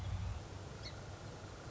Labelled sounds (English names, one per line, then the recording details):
Song Sparrow
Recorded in Sonoma County, California